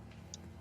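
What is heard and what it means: A plastic tab on a transforming robot toy's body is pushed fully home during transformation, after not having been clicked in all the way before. A faint tick at 0.1 s precedes a sharp, bright click at 0.3 s over low background hum. The panel clicks fully in and is seated.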